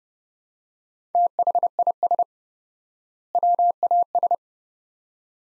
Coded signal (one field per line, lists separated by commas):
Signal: Morse code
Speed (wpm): 29 wpm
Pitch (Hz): 700 Hz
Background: none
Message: THIS WAS